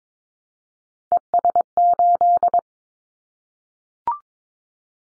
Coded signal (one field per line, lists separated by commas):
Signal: Morse code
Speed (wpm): 22 wpm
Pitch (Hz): 700 Hz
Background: none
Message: ES8